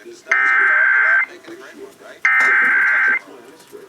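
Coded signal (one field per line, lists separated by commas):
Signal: Emergency Alert System (SAME) tones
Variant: header bursts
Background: speech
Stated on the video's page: Valid EAS/SAME tones of Virginia's Required Monthly Test, captured from FM radio stations and an Ion TV station with an old camcorder.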